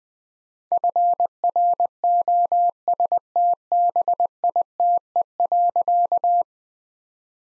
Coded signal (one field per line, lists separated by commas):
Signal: Morse code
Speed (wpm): 21 wpm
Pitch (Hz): 700 Hz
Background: none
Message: FROSTBITE.